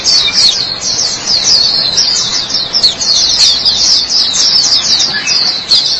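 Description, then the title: White-eye giving a lively high warbling song of quick chirps and down-slurred notes in a constant stream. White-eye twittering song. "Kicauan Burung Pleci"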